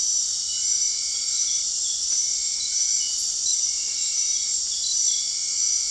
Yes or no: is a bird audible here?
no